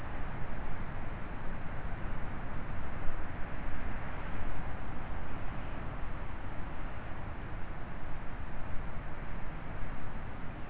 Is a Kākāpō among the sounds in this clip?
no